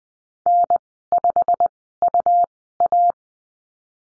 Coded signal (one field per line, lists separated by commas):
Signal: Morse code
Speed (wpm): 20 wpm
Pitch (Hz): 700 Hz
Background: none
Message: N5UA